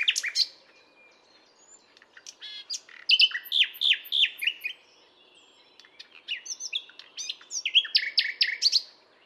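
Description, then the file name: Common nightingale song, a sharp opening note, a pause, then fast varied phrases of clicks, slurred whistles and short trills. "Luscinia megarhynchos"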